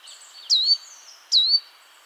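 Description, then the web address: Great tit call, two loud notes each sweeping steeply down then holding a brief level whistle, nearly a second apart, with faint high twittering of other birds behind. "SETE data Parus major"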